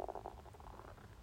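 A brief run of soft, bubbly gurgles rises and fades over about a second, strongest at the start and then trailing into lower, irregular burbling. These are bowel sounds, an adult's stomach rumbling (borborygmi) from gas and fluid moving through the gut.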